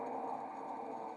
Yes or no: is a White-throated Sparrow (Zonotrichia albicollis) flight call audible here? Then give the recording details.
no. No flight call is heard. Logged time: 03:32 on 28 November 2014